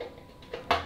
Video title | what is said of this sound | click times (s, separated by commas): How To Replace A Harley Davidson Fuel Pump | remember there's a channel there and you heard it he slid it into place there | 0.7 s